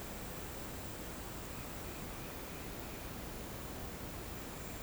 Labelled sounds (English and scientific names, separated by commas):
none